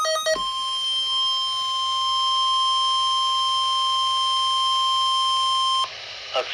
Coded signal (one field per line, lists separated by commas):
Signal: Emergency Alert System (SAME) tones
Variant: 1050 Hz attention tone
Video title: Another Severe Weather Statement (EAS #111)